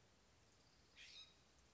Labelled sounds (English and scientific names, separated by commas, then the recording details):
California Scrub-Jay (Aphelocoma californica)
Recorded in Sonoma County, California